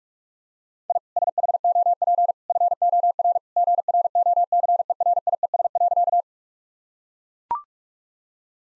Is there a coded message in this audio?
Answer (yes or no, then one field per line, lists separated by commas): yes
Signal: Morse code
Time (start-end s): 0.9-6.2 s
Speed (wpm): 41 wpm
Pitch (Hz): 700 Hz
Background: none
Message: I SHOP FOR GROCERIES.